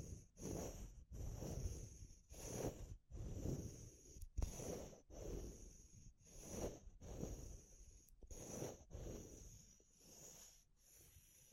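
Natural materials such as wood, bamboo and straw are rubbed and scraped in a slow, regular rhythm, roughly one stroke every second. Each pass is a rough, rustling scrape with a low body and a thin bright edge, separated by short near-silent gaps and a few sharp clicks.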